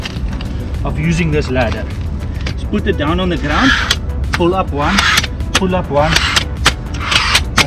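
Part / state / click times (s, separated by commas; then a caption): telescopic ladder section into its locking latch / seated / 6.7 s, 7.6 s. Someone talks while a telescopic ladder for a roof top tent stands on the ground and its sections are pulled up one at a time. Each section locks into its aluminium latch with a sharp, loud click at 6.7 s and 7.6 s, and both sections are seated.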